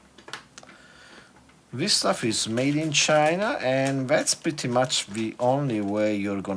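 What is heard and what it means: A metal pin back is pulled off the post of an enamel pin on an apron to show how it comes off, with a short sharp click at 0.3 s as it releases. Then someone talks.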